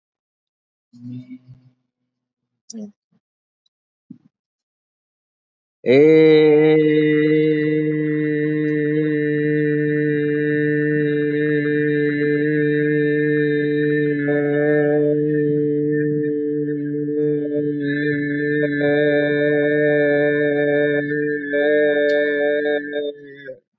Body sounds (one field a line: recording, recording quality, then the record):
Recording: sustained vowel as in made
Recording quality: excellent, no background noise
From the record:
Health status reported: recovered from COVID-19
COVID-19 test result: negative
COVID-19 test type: RT-PCR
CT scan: not taken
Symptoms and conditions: none ticked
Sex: male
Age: 48 years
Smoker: no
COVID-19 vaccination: both doses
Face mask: not worn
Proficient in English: no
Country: India